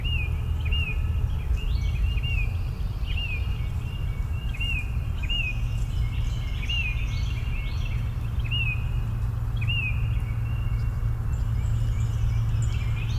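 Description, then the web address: Birds in chorus, one giving repeated short chirped notes while others call faintly, all above a constant low background rumble. Morning chorus in a suburban park. "boom library Urban and Suburban. Suburban park morning bird chorus"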